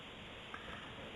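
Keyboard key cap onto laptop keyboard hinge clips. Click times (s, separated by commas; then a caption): 0.5 s. A replacement plastic key cap is laid on an HP Pavilion / Compaq Presario G62 G72 laptop keyboard and pressed down evenly on all four sides. Over a steady background hiss, a faint single click at 0.5 s marks the key cap seating onto the plastic hinge clips.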